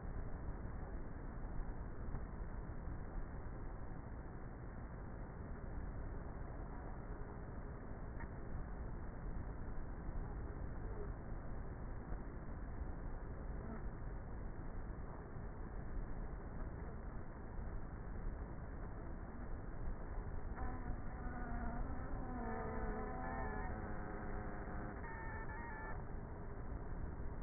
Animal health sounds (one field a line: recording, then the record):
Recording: honeybee colony, microphone inside the hive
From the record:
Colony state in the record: queenless with a low population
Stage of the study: before two queens were removed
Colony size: about 30,000 bees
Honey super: no